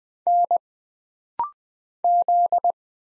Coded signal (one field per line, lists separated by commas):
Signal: Morse code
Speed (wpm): 20 wpm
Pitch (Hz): 700 Hz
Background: none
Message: N Z